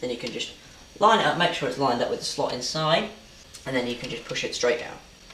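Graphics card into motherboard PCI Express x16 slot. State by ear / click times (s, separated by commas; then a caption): not seated / none. A GT620 graphics card is lined up with the PCI Express x16 slot on a motherboard, ready to be pushed straight down, while someone talks throughout. Nothing has seated or clicked yet; the clip ends before the slot's retention latch clicks.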